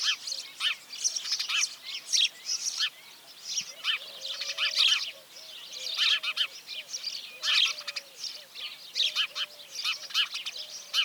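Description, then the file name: House sparrow chirps, many overlapping bright notes in a busy, continuous chatter, with faint low whistled tones running underneath. "Passer domesticus"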